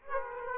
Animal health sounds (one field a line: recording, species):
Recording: mosquito wingbeat signal from an infrared sensor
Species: Aedes aegypti